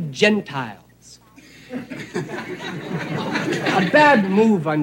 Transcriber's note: laughter